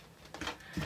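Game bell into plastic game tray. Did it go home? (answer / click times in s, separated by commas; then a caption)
no / none. A plastic timer bell from the Ideal Rapid Response marble timer board game is pushed into its plastic game tray, producing short knocks at about 0.3 and 0.4 seconds and a louder burst near 0.8 seconds. The bell dings, but it has not clicked into the tray yet.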